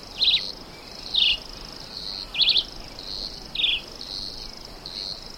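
Red-eyed Vireo singing brief, choppy whistled phrases, mostly falling, spaced roughly a second apart, with a constant high-pitched insect drone behind.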